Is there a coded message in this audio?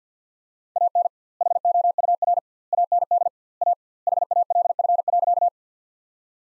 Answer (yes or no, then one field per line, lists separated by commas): yes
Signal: Morse code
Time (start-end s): 0.8-5.5 s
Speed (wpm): 50 wpm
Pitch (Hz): 700 Hz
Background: none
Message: AN HOUR AND A HALF.